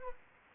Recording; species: mosquito wingbeat signal from an infrared sensor; Anopheles arabiensis